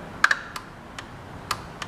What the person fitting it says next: and right there there's our click